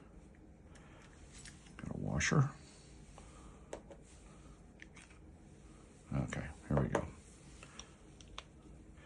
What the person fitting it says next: So I guess that locks into place.